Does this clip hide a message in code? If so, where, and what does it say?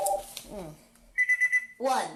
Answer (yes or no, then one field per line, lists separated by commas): no